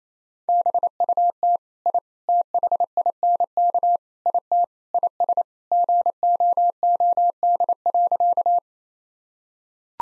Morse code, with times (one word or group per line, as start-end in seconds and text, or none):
0.5-1.6 BUT
1.9-2.0 I
2.3-4.0 THINK
4.3-4.6 IT
4.9-5.4 IS
5.7-8.6 GOOD.